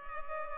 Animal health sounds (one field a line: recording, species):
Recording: mosquito wingbeat signal from an infrared sensor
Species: Culex pipiens